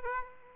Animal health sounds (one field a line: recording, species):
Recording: mosquito wingbeat signal from an infrared sensor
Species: Aedes aegypti